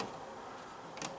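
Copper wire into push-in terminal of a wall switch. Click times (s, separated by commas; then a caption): 1.1 s. A stripped copper wire is pushed into the back-stab push-in terminal hole of a wall switch or dimmer. Over a low steady background, a short sharp click sounds at 1.0 s as the wire clicks into place and is seated.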